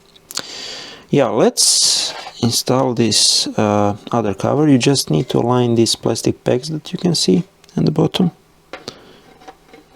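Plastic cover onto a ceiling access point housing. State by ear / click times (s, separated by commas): seated / 8.7 s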